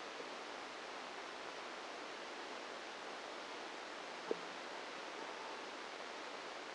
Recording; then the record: brain microelectrode recording played as sound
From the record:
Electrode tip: outside the subthalamic nucleus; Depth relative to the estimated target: 3 mm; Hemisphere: right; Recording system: NeuroSet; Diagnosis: Parkinson's disease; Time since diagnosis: 9 years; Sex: female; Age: 51 years